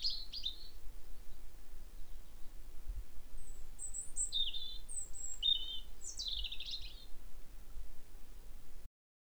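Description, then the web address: European robin song: thin, high-pitched warbling phrases with short slurred and trilled notes at irregular intervals, over a steady low background rumble. "SETE Erithacus rubecula"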